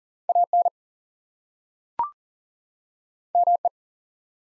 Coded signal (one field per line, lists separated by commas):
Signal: Morse code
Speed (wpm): 40 wpm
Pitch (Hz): 700 Hz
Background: none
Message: AN ME